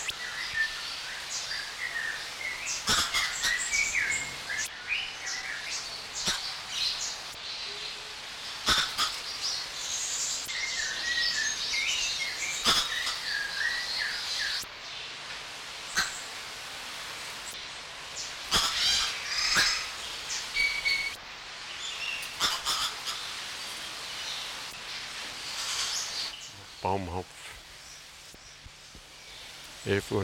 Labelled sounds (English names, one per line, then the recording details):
Green Woodhoopoe call
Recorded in captivity
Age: adult
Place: Zoo Berlin, Berlin, DE
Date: 1994-02-12 11:19
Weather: bedeckt, leichter Schneefall, um 0°C
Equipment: Marantz CP 430, Sennheiser MKH 416 T, Kopie Uher Variocord 263
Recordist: Tembrock, Günter
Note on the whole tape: Kurzlaute (Gruppe), zusammengeschnitten